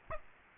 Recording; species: mosquito wingbeat signal from an infrared sensor; Aedes aegypti